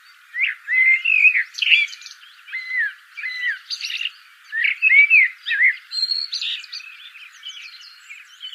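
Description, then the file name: Common blackbird pouring out a steady stream of mellow, fluty warbled phrases mixed with scratchy high chatter, almost without pause. "Turdus merula"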